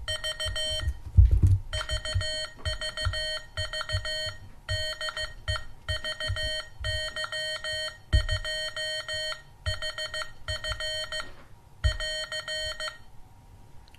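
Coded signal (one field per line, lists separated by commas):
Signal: Morse code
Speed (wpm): 15 wpm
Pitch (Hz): 3100 Hz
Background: none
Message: V VVV DE VY2HF <AR>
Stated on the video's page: Morse from a home-built Morserino-32 Morse code training and practice kit.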